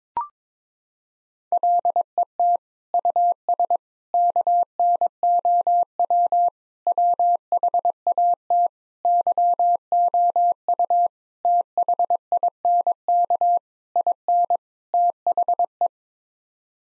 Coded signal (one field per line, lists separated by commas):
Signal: Morse code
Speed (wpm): 22 wpm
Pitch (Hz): 700 Hz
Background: none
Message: LET US KNOW WHAT YOU THINK IN THE